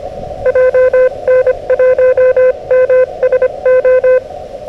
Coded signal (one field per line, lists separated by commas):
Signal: Morse code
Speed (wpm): 25 wpm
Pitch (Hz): 500 Hz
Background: none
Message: JN1MSO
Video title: 木々の雪が舞う暴風の中でQRP RHM12で運用/ FTX-1F 5W設定/ Snow Bursting from the Trees in Gale Winds / SOTA at Karousan